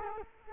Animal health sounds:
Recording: mosquito wingbeat signal from an infrared sensor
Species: Culex quinquefasciatus

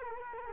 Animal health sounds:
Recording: mosquito wingbeat signal from an infrared sensor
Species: Culex quinquefasciatus

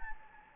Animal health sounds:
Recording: mosquito wingbeat signal from an infrared sensor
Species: Anopheles gambiae

